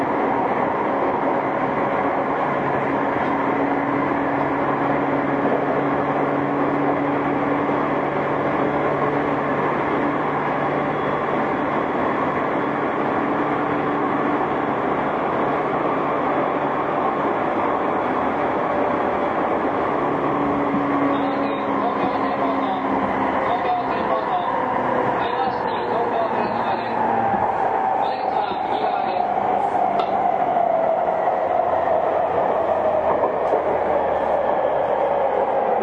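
A Tokyo Waterfront Area Rapid Transit 70-000 series train runs along the Saikyo Line and Rinkai Line, a steady, dense rumble of wheels and motor throughout. Low hums shift in pitch, and after about twenty seconds a whining tone slowly falls while faint squeals flicker above.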